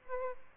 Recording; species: mosquito wingbeat signal from an infrared sensor; Aedes albopictus